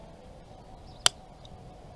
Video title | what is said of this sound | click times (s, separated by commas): WON'T START! (small engine) easy fixes, lessons learned | snapped in place that's good | 1.1 s